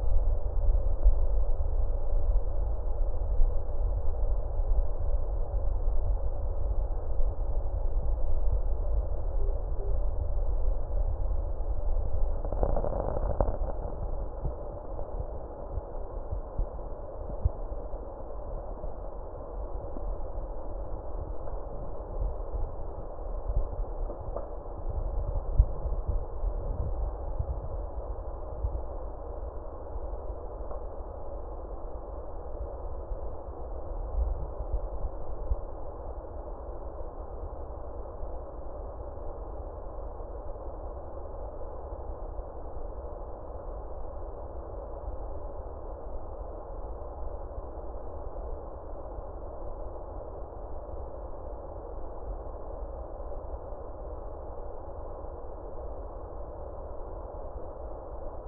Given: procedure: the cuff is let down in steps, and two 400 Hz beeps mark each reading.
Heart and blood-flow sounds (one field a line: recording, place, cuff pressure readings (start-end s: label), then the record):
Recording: Korotkoff sounds by stethoscope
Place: brachial artery, at the lower edge of an arm cuff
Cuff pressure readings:
9.39-9.92 s: 55 mmHg
From the record:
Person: healthy adult, 24 to 32 years, lying on the back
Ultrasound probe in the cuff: middle